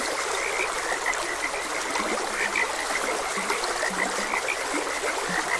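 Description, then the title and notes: Frog calls, a string of short bright notes with scattered deep croaks, set against continuous trickling stream water. Frogs croaking beside a gentle stream. "Gentle Stream and Frogs Croaking. Sleep and Relaxation Podcast"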